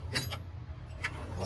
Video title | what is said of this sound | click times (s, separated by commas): Mounting a new Harbor Freight tool box in a Service truck | Locks into place. | 1.1 s